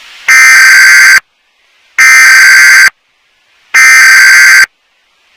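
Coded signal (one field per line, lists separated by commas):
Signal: Emergency Alert System (SAME) tones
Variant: header bursts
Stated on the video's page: Fictional EAS scenario about a tornado hitting Detroit.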